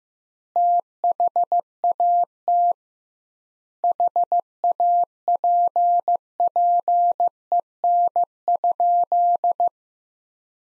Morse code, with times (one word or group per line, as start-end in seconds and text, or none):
0.6-2.7 THAT
3.8-9.7 HAPPEN?